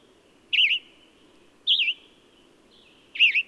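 Bird giving three wavering, high chirps spaced over a second apart, over a thin steady tone and a low hum.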